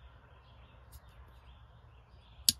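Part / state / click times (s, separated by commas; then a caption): folding knife blade into its closed detent in the handle / seated / 2.5 s. The blade of a front-flipper folding knife with a titanium handle and steel blade is closed and snaps back into its closed detent in the handle, with one sharp, bright click at 2.5 s over quiet low background noise. The blade is seated in the detent.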